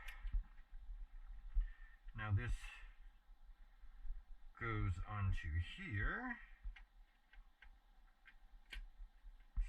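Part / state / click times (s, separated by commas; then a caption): metal detector shaft section into its mount / seated / 8.7 s. Someone talks while a shaft section of a new metal detector being assembled is slid onto its mount and pushed down. A series of short ticks from about 6.8 s ends in a louder click at 8.7 s as the section locks in place.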